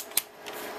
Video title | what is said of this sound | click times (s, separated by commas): Velocity Tech Solutions - How to Install a System Board in a PowerEdge 1950 | and lock them into place | 0.2 s